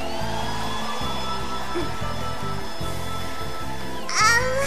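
A hair dryer, held by Kero-chan, blows on a girl's sticking-up hair with a steady, even whoosh and a thin high motor whine that holds throughout, a brief brighter burst near the end, with muffled voices murmuring underneath.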